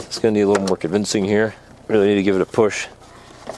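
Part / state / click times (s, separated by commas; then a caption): LED headlight bulb into car headlight housing / not seated / none. Someone talks while pushing and twisting the plastic base of a Novsight LED headlight bulb into the headlight housing of a Subaru Outback, working to lock it in with a firm push. Nothing has seated or clicked yet.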